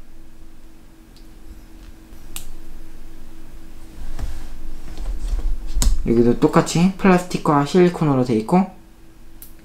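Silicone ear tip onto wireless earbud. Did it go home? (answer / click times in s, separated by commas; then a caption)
yes / 9.4 s. A plastic-and-silicone ear tip is replaced on the other wireless earbud, pushed onto the nozzle. Faint handling noises and sharp taps are heard, and someone talks from about 6 to 8.7 seconds. The tip clicks into place at 9.4 seconds.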